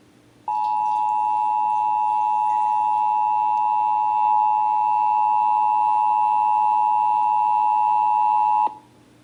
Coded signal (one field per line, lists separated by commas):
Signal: Emergency Alert System (SAME) tones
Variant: 853 and 960 Hz attention tone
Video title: (EAS #555-561) January 2024 Texas Required Monthly Test